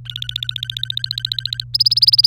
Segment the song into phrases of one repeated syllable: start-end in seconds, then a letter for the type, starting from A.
0.05-1.64 A, 1.74-2.26 B